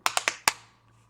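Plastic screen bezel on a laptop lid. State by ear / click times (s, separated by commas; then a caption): released / 0.1 s, 0.5 s. A plastic card is worked under the plastic screen bezel of a laptop lid to pry it up, and the bezel's plastic clips release with a series of sharp snaps. The clips are heard snapping loose at 0.1 and 0.5 seconds, with two quicker snaps in between, and the bezel comes free.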